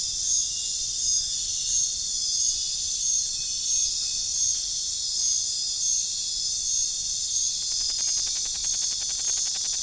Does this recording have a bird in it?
no